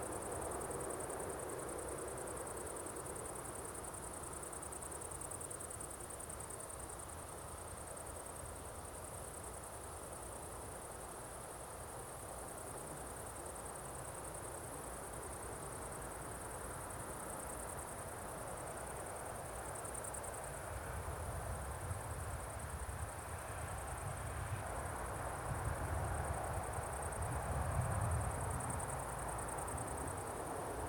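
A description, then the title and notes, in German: Crickets chirp in a steady, dense high band over a meadow at evening, with low road rumble from distant traffic swelling near the end. Wiese am Abend, leichter Wind, Straße in der Ferne. Höre die Grillen zirpen und in der Ferne die Geräusche einer Straße.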